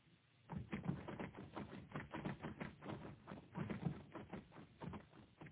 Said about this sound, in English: He's typing.